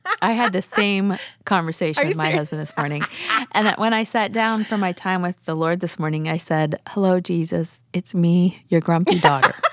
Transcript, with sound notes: I had the same conversation with my husband this morning. (laughter) When I sat down with my time with the Lord this morning, I said, “Hello, Jesus. It’s me, your grumpy daughter.”